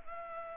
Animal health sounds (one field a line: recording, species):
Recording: mosquito wingbeat signal from an infrared sensor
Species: Anopheles gambiae